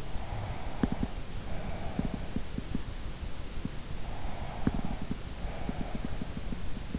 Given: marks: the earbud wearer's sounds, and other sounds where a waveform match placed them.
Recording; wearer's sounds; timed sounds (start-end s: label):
sounds in sleep by an in-ear microphone; breath
0.00-2.76 s: breath
4.28-6.36 s: breath